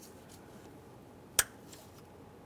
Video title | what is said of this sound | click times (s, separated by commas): How to Replace Kick Down Cable 1994-2001 Dodge Ram 1500 | I heard an audible click. | 1.4 s